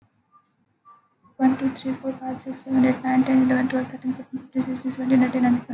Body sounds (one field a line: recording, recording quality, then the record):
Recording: counting at a fast pace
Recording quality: excellent, no background noise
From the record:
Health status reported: healthy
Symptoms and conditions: none ticked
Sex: female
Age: 23 years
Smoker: not ticked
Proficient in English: yes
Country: India